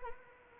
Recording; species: mosquito wingbeat signal from an infrared sensor; Anopheles arabiensis